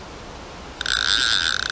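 The drag clutch on a Preston Intensity 720 fixed-spool fishing reel, set back one click, gives under load after near-silence. A run of ratchet-pawl clicks follows, with sharp clicks at 0.8, 0.9, 1.0, 1.5 and 1.6 seconds over a continuous bright ratcheting buzz. The drag setting is confirmed working.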